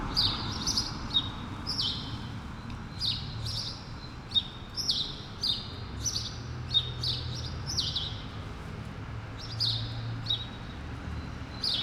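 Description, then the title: Sparrows chirping in repeated short chirps, several overlapping at a steady pace, over low rumbling traffic noise. Sparrows recorded on Rue Keyenveld, Ixelles, Brussels, Belgium, in a street with cars and people passing by; recorded with Lom Usi Pro microphones into a Zoom F6. "Rue Keyenveld, Ixelles, Bruxelles-Capitale, Belgique - Sparrows - moineaux"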